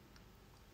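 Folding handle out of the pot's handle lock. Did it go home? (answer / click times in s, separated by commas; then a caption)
released / 0.2 s. The locked folding handle of a camping pot, which will not fold down while locked, is slid left to release it from the pot's handle lock so it can be folded again. A single short tick is heard at 0.2 s, and the handle is released.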